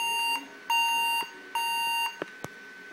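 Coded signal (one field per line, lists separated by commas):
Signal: beep code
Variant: Averatec laptop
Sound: three evenly spaced half-second beeps, then two quick clicks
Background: small room, clicks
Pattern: 3 beeps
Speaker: so this is the problem with it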